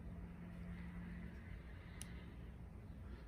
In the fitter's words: you hear that little click right there that basically is like a battery disconnect so now it doesn't come on if